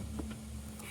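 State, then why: Not seated. A plastic windshield is pushed into its place on the body of a Moderno Kids Jeep Trail Explorer 12V ride-on toy car, with the wiring pushed down as it goes in. Only a steady low hum, a couple of faint soft bumps near 0.2 and 0.3 seconds, and a brief hiss around 0.8 seconds are heard. The windshield ends up in place, but it does not click.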